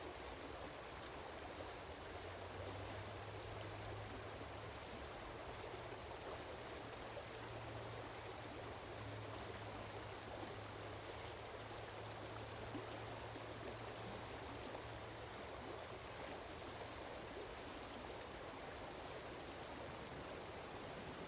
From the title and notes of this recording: The Cahaba River is the longest substantially free-flowing river in Alabama and is among the most scenic and biologically diverse rivers in the United States. It is a major tributary of the Alabama River and part of the larger Mobile River basin.